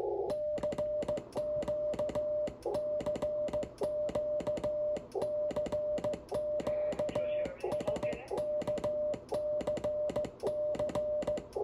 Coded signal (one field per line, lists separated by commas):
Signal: Morse code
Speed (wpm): 16 wpm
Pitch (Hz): 600 Hz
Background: music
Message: CQ CQ CQ SKCC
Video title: Calling CQ SKCC on 40m QRP 5w, No takers yet